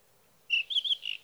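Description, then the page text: Sage thrasher song fragment, a brief string of a few warbled whistled notes following silence. Songs of a male at his night roost, sung through the night, June 12 to 15, 2018, Sierra Valley, California; recorded with a Swift recorder. "61. Sage thrasher songs, through the night."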